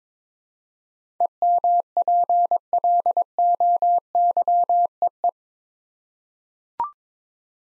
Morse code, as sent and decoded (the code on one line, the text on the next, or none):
. -- .--. .-.. --- -.-- . .
EMPLOYEE